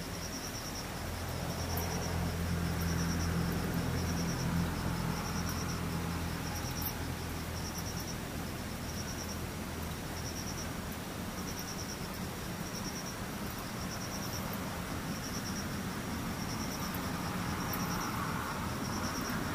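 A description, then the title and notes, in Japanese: Cicadas and insects buzz in a steady, high, pulsing drone that repeats at an even rate for the full twenty seconds. Beneath it runs a low rumble like passing traffic, with a humming engine tone strongest in the first few seconds. セミムシ。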